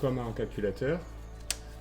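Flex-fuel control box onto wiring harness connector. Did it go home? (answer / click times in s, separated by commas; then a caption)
yes / 1.5 s. On a Suzuki S-Cross, an E85 ethanol flex-fuel control box is plugged onto its wiring harness connector, clipping in like an ECU connector. Someone talks, then a single sharp click is heard at 1.5 s as the box seats on the connector.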